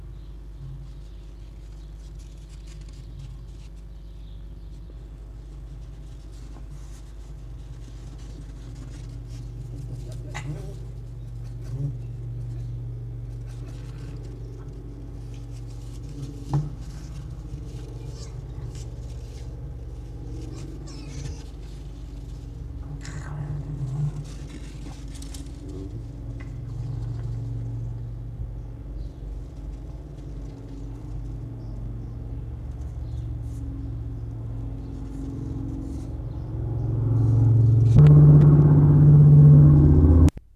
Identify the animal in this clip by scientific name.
Vulpes vulpes